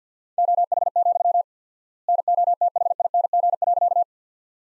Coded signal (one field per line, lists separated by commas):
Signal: Morse code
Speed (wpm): 50 wpm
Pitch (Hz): 700 Hz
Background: none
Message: OH, NOTHING.